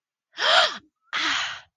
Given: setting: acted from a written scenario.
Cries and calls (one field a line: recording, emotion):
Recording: vocal sound without words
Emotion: pain